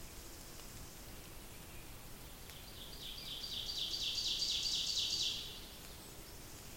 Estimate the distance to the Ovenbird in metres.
about 45 m